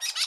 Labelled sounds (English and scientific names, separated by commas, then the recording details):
Brown-throated Parakeet (Eupsittula pertinax) contact call
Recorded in Curacao
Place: N of oil terminal (Bullenbaai)
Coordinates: 12.200, -69.020